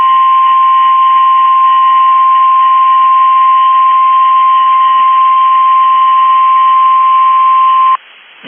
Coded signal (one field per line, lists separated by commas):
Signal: Emergency Alert System (SAME) tones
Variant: 1050 Hz attention tone